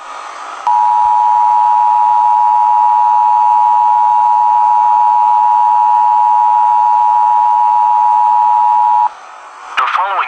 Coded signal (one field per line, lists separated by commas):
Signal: Emergency Alert System (SAME) tones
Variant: 853 and 960 Hz attention tone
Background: speech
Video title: eas scenario catemojibabyheat part 104 for natural idea of the young country bomber